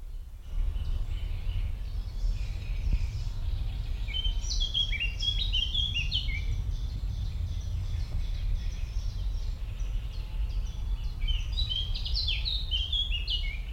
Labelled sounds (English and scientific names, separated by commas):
Eurasian Blackcap (Sylvia atricapilla)